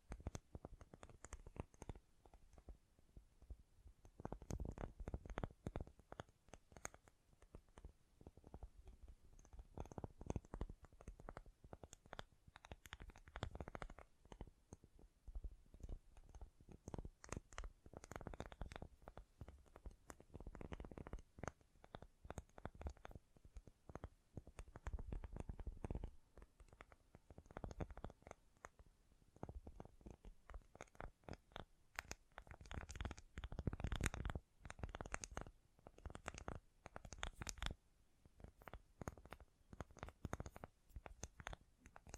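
ASMR tapping: rapid fingertip taps and clicks run without pause for the whole stretch, each with a soft, deep thump beneath a lighter tick. The pace stays quick but uneven, with denser flurries around 5, 14, 20 and 34 seconds, and faint scratching between taps.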